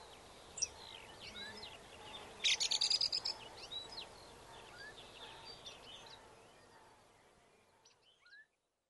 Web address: Bird Song Site Song Thrush - Grive